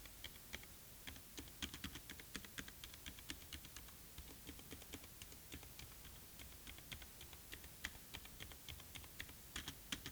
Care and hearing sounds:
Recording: daily activity, guitar pickup as the sensor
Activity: type

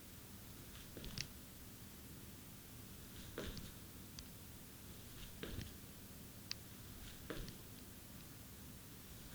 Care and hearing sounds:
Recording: daily activity, guitar pickup as the sensor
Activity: jump

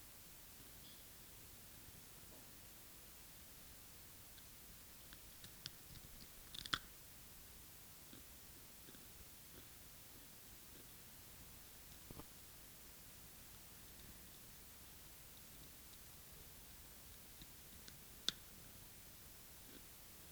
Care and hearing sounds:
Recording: daily activity, guitar pickup as the sensor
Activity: eat

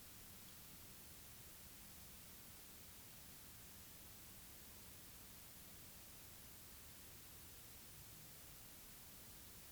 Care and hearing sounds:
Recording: daily activity, guitar pickup as the sensor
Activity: stand

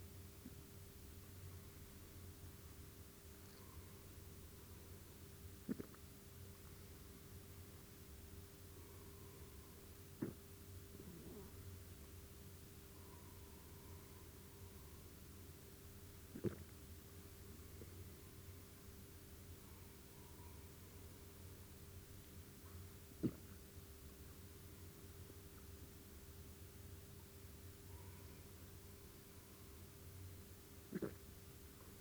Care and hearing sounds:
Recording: daily activity, guitar pickup as the sensor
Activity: drink water

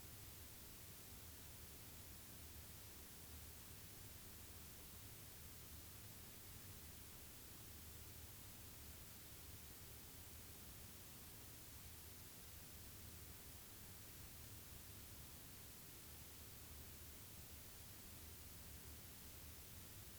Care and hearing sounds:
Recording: daily activity, guitar pickup as the sensor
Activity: sit

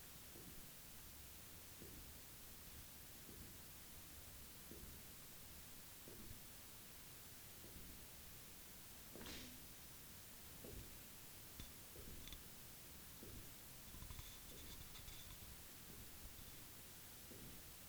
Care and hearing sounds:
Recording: daily activity, guitar pickup as the sensor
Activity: jump

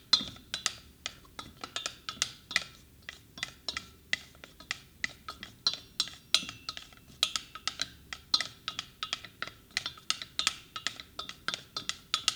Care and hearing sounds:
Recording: daily activity, guitar pickup as the sensor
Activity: fry

